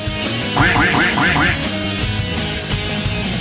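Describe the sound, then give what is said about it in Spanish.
A run of five quick, nasal duck quacks repeats in a steady rhythm over a dense, busy musical background, then the quacking stops and the music carries on. “Del pato, por favor.”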